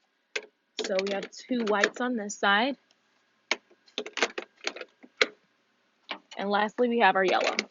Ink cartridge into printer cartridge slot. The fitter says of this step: in this slide and you're gonna push all the way back to you hear it click so